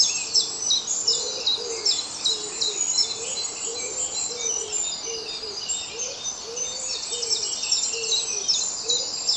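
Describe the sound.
Birds: dawn chorus of many birds, busy high chirping and trilling over a steady series of low, cooing hoots repeated every second or so.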